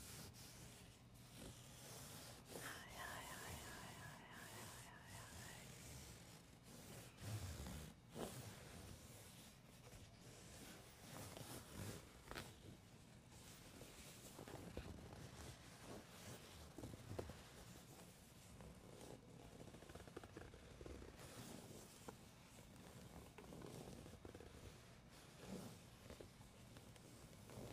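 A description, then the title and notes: Gentle tapping and scratching runs without pause, with soft taps arriving every second or so over a dense, papery scratching texture. A low rumble hums underneath throughout. Around three to five seconds a brief wavering tone sounds, and a few sharper taps stand out near eight and seventeen seconds. ASMR medium gentle tapping and scratching.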